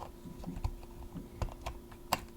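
A prescription lens insert is placed onto the magnetic adapter frame installed in a VR headset and snaps into place. Several light taps and clicks lead up to a sharp click at 2.1 s as the magnets pull it in, and the lens insert is seated.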